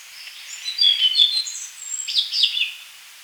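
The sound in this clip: Tickell's Blue Flycatcher song: two quick bursts of high, sweet, tumbling notes over a faint steady hiss.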